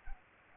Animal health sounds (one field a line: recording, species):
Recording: mosquito wingbeat signal from an infrared sensor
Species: Culex pipiens